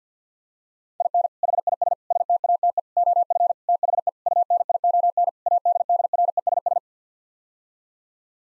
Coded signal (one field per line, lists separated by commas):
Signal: Morse code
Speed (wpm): 50 wpm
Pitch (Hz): 700 Hz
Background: none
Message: IN HIS STATE OF THE UNION ADDRESS